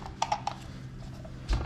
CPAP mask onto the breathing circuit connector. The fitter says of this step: and this just clicks right in there just like so